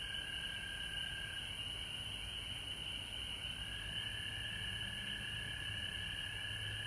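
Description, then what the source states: Dense chorus of frogs, high trilling calls layered into one continuous sound, with low hum in the background. Recorded at home in Georgia on March 19, 2020.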